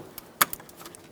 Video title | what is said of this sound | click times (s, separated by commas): How to Replace Active Grille Shutter 2012-2018 Ford Focus | Make sure you plug in your connector here. Make sure you hear the click. | 0.4 s